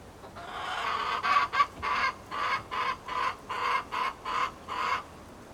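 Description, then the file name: Chicken producing a series of about eleven rough, squawking clucks, a few close together early on, then settling into a regular beat. Recorded in a henhouse at Appenthal. "poulailler appenthal"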